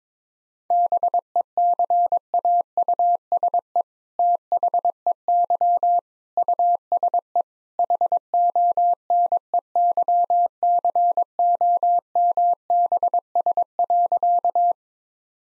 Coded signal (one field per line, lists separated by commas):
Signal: Morse code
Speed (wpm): 22 wpm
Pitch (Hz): 700 Hz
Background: none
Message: BECAUSE THEY USE HONEYCOMBS.